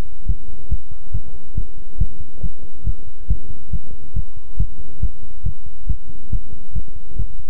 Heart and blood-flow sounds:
heart sounds by stethoscope; between the tricuspid and mitral areas; 139 bpm
0.27 s: heartbeat
0.69 s: heartbeat
1.12 s: heartbeat
1.55 s: heartbeat
1.99 s: heartbeat
2.41 s: heartbeat
2.85 s: heartbeat
3.28 s: heartbeat
3.71 s: heartbeat
4.14 s: heartbeat
4.58 s: heartbeat
5.01 s: heartbeat
5.44 s: heartbeat
5.87 s: heartbeat
6.30 s: heartbeat
6.73 s: heartbeat
7.17 s: heartbeat
From the record:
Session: pedaling a stationary bicycle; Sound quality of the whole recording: good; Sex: male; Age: 24 years

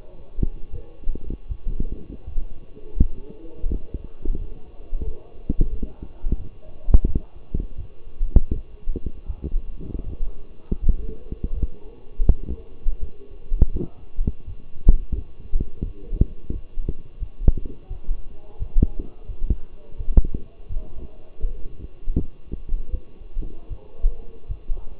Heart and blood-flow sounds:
heart sounds by stethoscope; between the tricuspid and mitral areas; 83 bpm
0.71 s: heartbeat
1.48 s: heartbeat
2.25 s: heartbeat
2.98 s: heartbeat
3.68 s: heartbeat
4.37 s: heartbeat
5.04 s: heartbeat
5.70 s: heartbeat
6.38 s: heartbeat
7.06 s: heartbeat
7.76 s: heartbeat
8.52 s: heartbeat
9.27 s: heartbeat
10.04 s: heartbeat
10.80 s: heartbeat
11.54 s: heartbeat
12.28 s: heartbeat
13.00 s: heartbeat
13.72 s: heartbeat
14.45 s: heartbeat
15.14 s: heartbeat
15.84 s: heartbeat
16.52 s: heartbeat
17.19 s: heartbeat
17.89 s: heartbeat
18.59 s: heartbeat
19.27 s: heartbeat
19.97 s: heartbeat
20.68 s: heartbeat
21.40 s: heartbeat
22.17 s: heartbeat
22.91 s: heartbeat
23.68 s: heartbeat
24.47 s: heartbeat
From the record:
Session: walking at 3.7 km/h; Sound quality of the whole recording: partially saturated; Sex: male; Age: 24 years

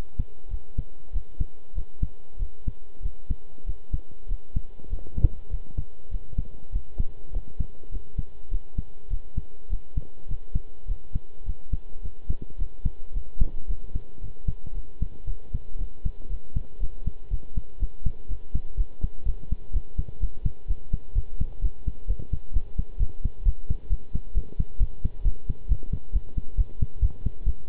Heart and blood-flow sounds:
heart sounds by stethoscope; between the tricuspid and mitral areas; 114 bpm
0.50 s: heartbeat
1.12 s: heartbeat
1.74 s: heartbeat
2.38 s: heartbeat
3.02 s: heartbeat
3.66 s: heartbeat
4.28 s: heartbeat
4.89 s: heartbeat
5.50 s: heartbeat
6.10 s: heartbeat
6.71 s: heartbeat
7.32 s: heartbeat
7.91 s: heartbeat
8.50 s: heartbeat
9.09 s: heartbeat
9.69 s: heartbeat
10.28 s: heartbeat
10.87 s: heartbeat
11.45 s: heartbeat
12.02 s: heartbeat
12.58 s: heartbeat
13.13 s: heartbeat
13.67 s: heartbeat
14.21 s: heartbeat
14.74 s: heartbeat
15.26 s: heartbeat
15.78 s: heartbeat
16.29 s: heartbeat
16.80 s: heartbeat
17.30 s: heartbeat
17.79 s: heartbeat
18.28 s: heartbeat
18.77 s: heartbeat
19.25 s: heartbeat
19.73 s: heartbeat
20.20 s: heartbeat
20.67 s: heartbeat
21.15 s: heartbeat
21.61 s: heartbeat
22.07 s: heartbeat
22.53 s: heartbeat
22.99 s: heartbeat
23.45 s: heartbeat
23.90 s: heartbeat
24.34 s: heartbeat
24.79 s: heartbeat
25.24 s: heartbeat
25.69 s: heartbeat
26.13 s: heartbeat
26.57 s: heartbeat
27.02 s: heartbeat
27.46 s: heartbeat
From the record:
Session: pedaling a stationary bicycle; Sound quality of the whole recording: good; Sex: male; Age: 23 years

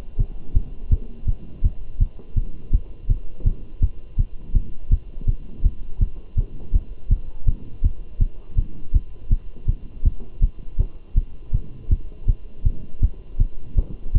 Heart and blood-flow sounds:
heart sounds by stethoscope; between the tricuspid and mitral areas; 163 bpm
0.20 s: heartbeat
0.56 s: heartbeat
0.92 s: heartbeat
1.28 s: heartbeat
1.65 s: heartbeat
2.01 s: heartbeat
2.38 s: heartbeat
2.73 s: heartbeat
3.10 s: heartbeat
3.46 s: heartbeat
3.83 s: heartbeat
4.19 s: heartbeat
4.55 s: heartbeat
4.92 s: heartbeat
5.28 s: heartbeat
5.65 s: heartbeat
6.02 s: heartbeat
6.38 s: heartbeat
6.75 s: heartbeat
7.11 s: heartbeat
7.48 s: heartbeat
7.85 s: heartbeat
8.21 s: heartbeat
8.58 s: heartbeat
8.95 s: heartbeat
9.32 s: heartbeat
9.69 s: heartbeat
10.05 s: heartbeat
10.43 s: heartbeat
10.80 s: heartbeat
11.17 s: heartbeat
11.54 s: heartbeat
11.91 s: heartbeat
12.29 s: heartbeat
12.66 s: heartbeat
13.03 s: heartbeat
13.41 s: heartbeat
13.78 s: heartbeat
14.15 s: heartbeat
From the record:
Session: Bruce protocol treadmill stress test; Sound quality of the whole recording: good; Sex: male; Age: 27 years

